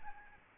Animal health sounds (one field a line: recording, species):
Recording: mosquito wingbeat signal from an infrared sensor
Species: Aedes albopictus